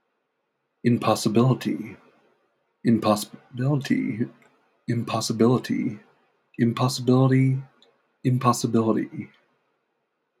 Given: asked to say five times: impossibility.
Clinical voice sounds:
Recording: repeated word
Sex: male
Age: 30 to 39 years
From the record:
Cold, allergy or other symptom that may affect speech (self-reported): no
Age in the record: 34 years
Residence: Utah, United States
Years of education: 12

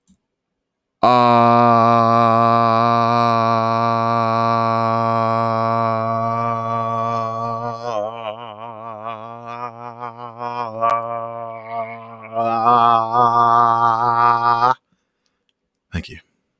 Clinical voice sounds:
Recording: vowel held as long as possible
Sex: male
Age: 30 to 39 years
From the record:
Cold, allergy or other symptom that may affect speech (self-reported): no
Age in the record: 30 years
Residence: Illinois, United States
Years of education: 12

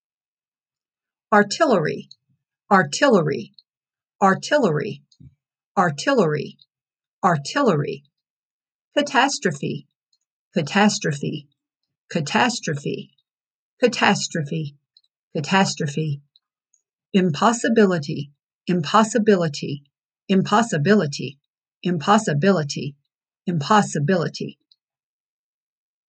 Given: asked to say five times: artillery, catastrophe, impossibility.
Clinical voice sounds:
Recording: three words, each repeated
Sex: female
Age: 60 to 69 years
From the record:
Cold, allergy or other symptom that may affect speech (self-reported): no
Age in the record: 60 years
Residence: Arkansas, United States

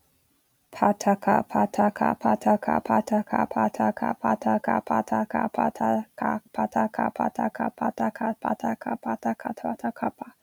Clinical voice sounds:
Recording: repeated syllables /pa ta ka/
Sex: female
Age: 20 to 29 years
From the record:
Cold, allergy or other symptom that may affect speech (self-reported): no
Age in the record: 27 years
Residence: Michigan, United States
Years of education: 16

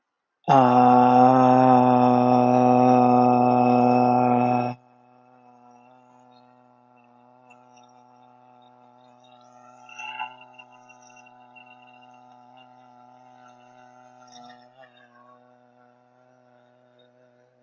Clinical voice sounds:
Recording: vowel held as long as possible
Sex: male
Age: 30 to 39 years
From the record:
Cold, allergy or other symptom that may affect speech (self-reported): no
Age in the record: 32 years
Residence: Alabama, United States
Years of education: 17

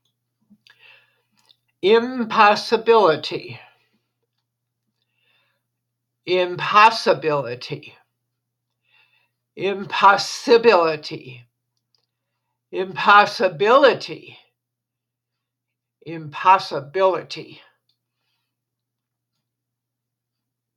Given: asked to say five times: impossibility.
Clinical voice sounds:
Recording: repeated word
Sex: female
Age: 80 to 89 years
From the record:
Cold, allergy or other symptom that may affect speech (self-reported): no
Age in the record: 80 years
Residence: Wisconsin, United States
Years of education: 25

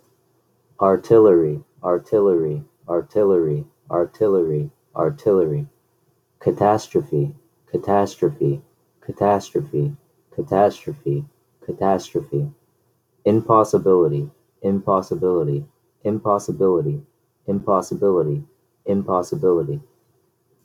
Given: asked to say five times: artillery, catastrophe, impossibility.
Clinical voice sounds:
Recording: three words, each repeated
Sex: male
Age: 20 to 29 years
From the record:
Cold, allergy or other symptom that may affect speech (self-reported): no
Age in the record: 26 years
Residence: Massachusetts, United States

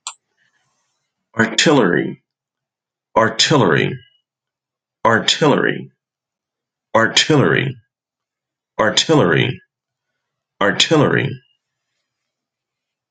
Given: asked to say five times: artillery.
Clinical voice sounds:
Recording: repeated word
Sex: male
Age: 50 to 59 years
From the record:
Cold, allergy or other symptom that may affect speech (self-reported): no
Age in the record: 54 years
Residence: Nevada, United States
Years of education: 14

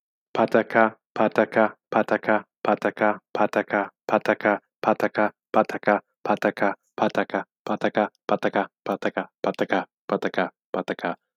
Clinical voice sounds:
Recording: repeated syllables /pa ta ka/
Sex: male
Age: 40 to 49 years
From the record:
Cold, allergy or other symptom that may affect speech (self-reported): no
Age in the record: 41 years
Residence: Illinois, United States

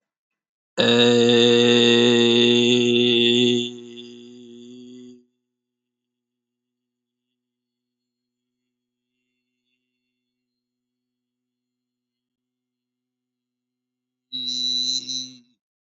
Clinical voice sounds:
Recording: vowel held as long as possible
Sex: male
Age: 40 to 49 years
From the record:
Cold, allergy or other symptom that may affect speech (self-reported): no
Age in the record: 45 years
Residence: Illinois, United States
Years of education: 18

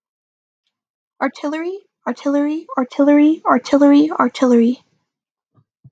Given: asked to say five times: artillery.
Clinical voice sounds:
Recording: repeated word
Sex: female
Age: 20 to 29 years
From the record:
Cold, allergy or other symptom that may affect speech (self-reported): no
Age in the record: 25 years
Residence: New York, United States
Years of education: 16

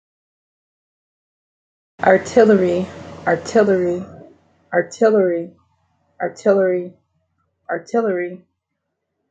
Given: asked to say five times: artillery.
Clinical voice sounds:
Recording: repeated word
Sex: female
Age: 40 to 49 years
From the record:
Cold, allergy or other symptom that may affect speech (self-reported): no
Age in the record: 40 years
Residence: Florida, United States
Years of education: 16

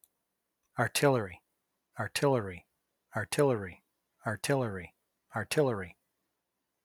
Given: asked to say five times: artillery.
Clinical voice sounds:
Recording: repeated word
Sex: male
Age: 50 to 59 years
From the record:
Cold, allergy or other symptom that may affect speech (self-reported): no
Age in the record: 50 years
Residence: Michigan, United States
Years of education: 16

